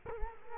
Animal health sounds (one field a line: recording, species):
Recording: mosquito wingbeat signal from an infrared sensor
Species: Culex quinquefasciatus